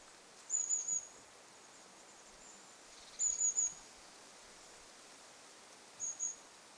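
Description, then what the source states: Long-tailed tit calls: three short runs of very high, thin see notes, a few seconds apart, over faint hiss. Recorded 11 September 2026.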